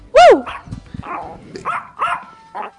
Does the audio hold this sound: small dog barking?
yes